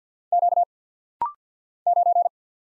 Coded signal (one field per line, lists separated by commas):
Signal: Morse code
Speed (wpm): 50 wpm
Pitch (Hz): 700 Hz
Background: none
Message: Q 9